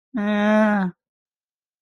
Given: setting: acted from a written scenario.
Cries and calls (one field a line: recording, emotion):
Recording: vocal sound without words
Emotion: neutral